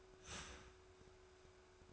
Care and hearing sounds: daily activity, microphone in the room; start toaster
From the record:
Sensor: 2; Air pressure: 1014.6 hPa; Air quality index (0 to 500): 195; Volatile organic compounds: 20 ppm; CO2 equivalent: 2679 ppm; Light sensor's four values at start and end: 4/10/3/3 and 4/10/3/3

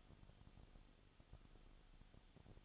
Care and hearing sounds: daily activity, microphone in the room; no activity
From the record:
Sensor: 4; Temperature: 22.7 degrees Celsius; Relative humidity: 31.7%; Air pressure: 995.4 hPa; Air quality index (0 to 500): 158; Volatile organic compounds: 2 ppm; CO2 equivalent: 1256 ppm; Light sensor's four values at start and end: 2/3/1/1 and 2/3/1/1

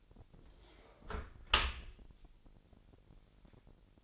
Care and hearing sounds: daily activity, microphone in the room; close dishwasher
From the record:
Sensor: 5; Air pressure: 1000.7 hPa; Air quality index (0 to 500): 248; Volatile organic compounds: 34 ppm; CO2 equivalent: 3050 ppm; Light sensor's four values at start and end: 31/72/29/27 and 32/73/29/27

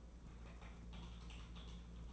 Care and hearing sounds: daily activity, microphone in the room; typing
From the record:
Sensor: 1

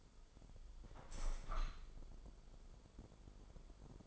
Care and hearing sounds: daily activity, microphone in the room; open window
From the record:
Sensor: 5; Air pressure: 995.9 hPa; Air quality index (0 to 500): 103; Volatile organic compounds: 7 ppm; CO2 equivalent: 1982 ppm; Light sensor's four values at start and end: 40/97/39/41 and 40/98/40/41

